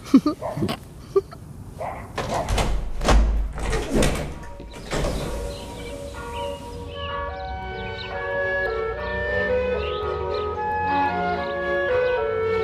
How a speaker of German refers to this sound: Ich habe die Tür etwas aufgemacht.